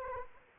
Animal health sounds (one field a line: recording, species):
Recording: mosquito wingbeat signal from an infrared sensor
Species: Anopheles arabiensis